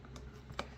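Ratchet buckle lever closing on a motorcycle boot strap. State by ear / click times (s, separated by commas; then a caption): seated / 0.6 s. A ratchet buckle lever on a BMW GS Venture Grip GTX motorcycle boot is pushed shut after its strap is hooked into the ridge of the buckle. Two faint ticks come at about 0.1 s and 0.2 s, then one sharp click at 0.6 s as the buckle clicks shut and seats in place.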